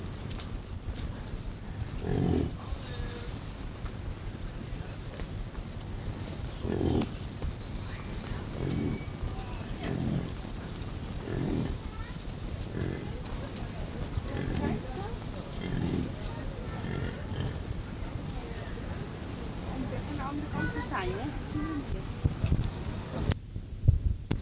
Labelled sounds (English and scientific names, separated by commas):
European Bison (Bison bonasus) call